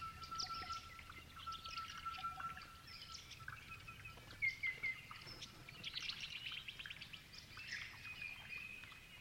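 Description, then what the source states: Grey-fronted honeyeaters chirping, a steady chatter of high notes with a sustained whistled tone early on and a few louder bright notes midway, over low background noise. Several birds chirping together.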